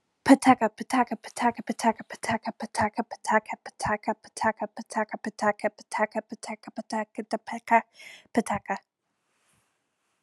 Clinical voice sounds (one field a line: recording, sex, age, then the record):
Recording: repeated syllables /pa ta ka/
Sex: female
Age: 20 to 29 years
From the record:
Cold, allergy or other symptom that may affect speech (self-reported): no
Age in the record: 28 years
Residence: Texas, United States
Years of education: 15